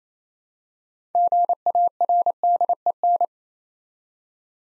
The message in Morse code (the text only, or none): GARDEN